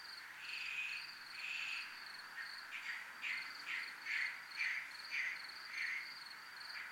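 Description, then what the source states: Cricket chirps pulse evenly and high throughout, while a lower rasping sound comes first in long swells, then in quick short bursts toward the end. Recorded in a military zone.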